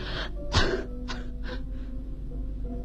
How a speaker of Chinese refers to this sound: 海伦不停地咳嗽着，我翻来覆去的睡不着。